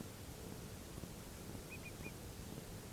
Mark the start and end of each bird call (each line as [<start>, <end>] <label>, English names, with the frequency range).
[1.70, 2.12] Eurasian Whimbrel (1.8-2.5 kHz)